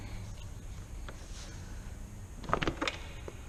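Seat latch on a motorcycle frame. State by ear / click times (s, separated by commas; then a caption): released / 2.5 s, 2.6 s, 2.7 s. The latch on a homemade removable seat for a Hawk 250 small motorcycle is released, and the seat is lifted off the frame. Over a low steady rumble, sharp clicks sound at 2.5, 2.6 and 2.7 seconds, followed by a few softer knocks. The latch releases and the seat pops right off.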